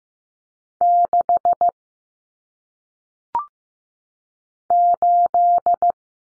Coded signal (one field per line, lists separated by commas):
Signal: Morse code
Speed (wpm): 15 wpm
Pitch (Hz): 700 Hz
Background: none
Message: 6 8